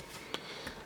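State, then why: Seated. An iPhone 6 Plus front camera module and its bracket plate are tucked into the phone's frame and pressed down. A short, sharp click at 0.34 s stands out above a low background hiss, followed by a fainter tick near 0.7 s. The front camera assembly clicks into place and is seated.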